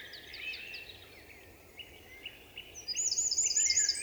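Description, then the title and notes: Eurasian wren song: quieter jumbled high notes that build into a loud, ringing trill over the last second. Recorded 27 March 2020 at Val Maravel in forest, stereo, Nagra Seven with MKH8040 microphones; vigorous, nervous song asserting presence to any potential rival. "UN VENT DE TROGLODYTE. 27 mars 2020-Val Maravel - Nagra seven - stéréo - mkh8040 Un Troglodyte mignon (Troglodytes troglodytes) affirme par son chant vigoureux sa présence à tout concurrent potentiel"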